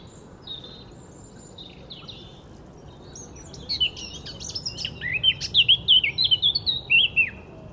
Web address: SETE data Sylvia atricapilla